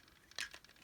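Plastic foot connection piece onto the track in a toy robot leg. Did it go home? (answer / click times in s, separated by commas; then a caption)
no / none. A plastic foot connection piece, turned 180°, is handled and slid toward the track inside the leg of a DX Champion Carrier toy robot. There is a short, bright plastic tick at about 0.4 s among faint handling rustles. Nothing has seated or clicked into place yet.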